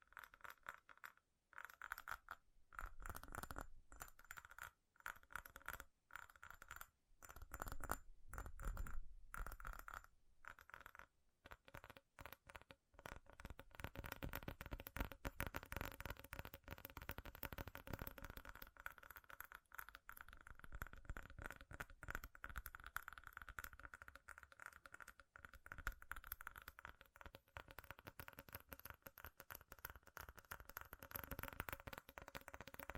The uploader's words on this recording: ASMR FAST & FURIOUS TAPPING Metal Sounds (No Talking).